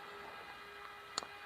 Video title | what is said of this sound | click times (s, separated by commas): #aquarium #aquariumfish #aquariumhobby | Put this back on top. Clicks right in. | 1.2 s